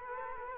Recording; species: mosquito wingbeat signal from an infrared sensor; Culex quinquefasciatus